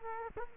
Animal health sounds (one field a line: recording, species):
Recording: mosquito wingbeat signal from an infrared sensor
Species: Culex quinquefasciatus